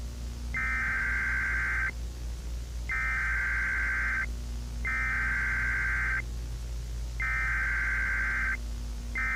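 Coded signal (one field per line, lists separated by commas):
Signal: Emergency Alert System (SAME) tones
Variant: header bursts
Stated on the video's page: Fictional EAS alert.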